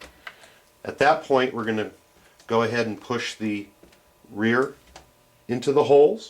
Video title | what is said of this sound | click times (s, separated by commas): Building the HPI Baja SS Tutorial Video #84 | the center post and push on it until it clicks in. | 0.3 s